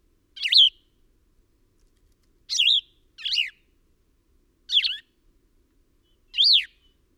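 Bird calls: five short squeaky chirps at irregular intervals, each with a bent, wavering pitch, over a quiet background.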